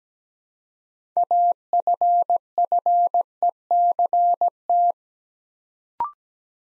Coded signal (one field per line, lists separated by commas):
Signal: Morse code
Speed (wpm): 17 wpm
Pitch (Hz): 700 Hz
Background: none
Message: AFFECT